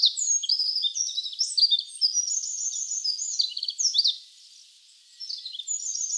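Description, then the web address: Wren song of shrill rattling trills and quick whistles for about four seconds, a brief silence, then the song resumes. Wild wren trilling in Hokkaido. "Google Sounds Sound Matters. Wren trills in wild hokkaido"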